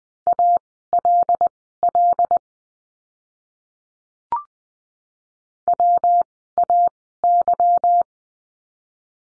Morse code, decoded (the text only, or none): ALL WAY